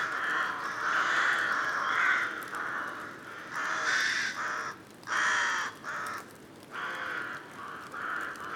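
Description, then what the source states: Rooks giving hoarse overlapping caws in clustered bursts, a busy chorus with a soft patter of rain beneath. In local woods forming part of a park, in changeable weather with rain pattering on the leaves; rooks were hoped for that day.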